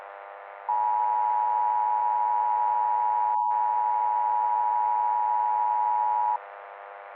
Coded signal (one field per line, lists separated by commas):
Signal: Emergency Alert System (SAME) tones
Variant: 853 and 960 Hz attention tone